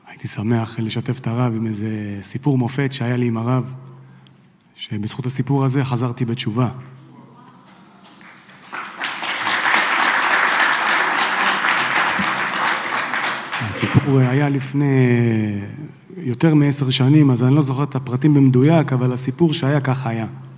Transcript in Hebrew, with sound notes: הייתי שמח לשתף את הרב עם איזה סיפור מופת שהיה לי עם הרב, שבזכות הסיפור הזה חזרתי בתשובה [מחיאות כפיים] הסיפור היה לפני יותר מעשר שנים אז אני לא זוכר את הפרטים במדויק אבל הסיפור שהיה ככה היה